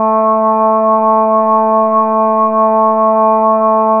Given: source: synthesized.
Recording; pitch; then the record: sustained vowel; 220 Hz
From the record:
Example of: Parkinson's disease, moderate (G4)